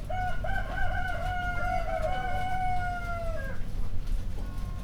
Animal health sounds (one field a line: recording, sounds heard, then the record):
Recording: poultry house recording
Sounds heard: healthy chickens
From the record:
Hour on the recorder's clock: 1